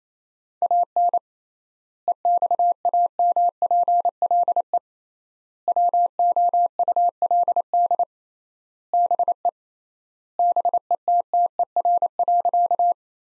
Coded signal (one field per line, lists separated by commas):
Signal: Morse code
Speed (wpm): 28 wpm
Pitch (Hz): 700 Hz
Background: none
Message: AN EXAMPLE WOULD BE BETTER.